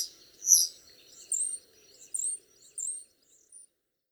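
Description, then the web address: Common starling song: a loud chirp followed by a few short, bright whistled notes spaced roughly three-quarters of a second apart, fading out. "geluiden spreeuw zang"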